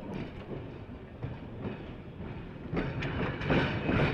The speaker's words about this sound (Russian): Поезд Москва-Таллин прибыл на вокзал города Печоры Псковские около 5 часов утра.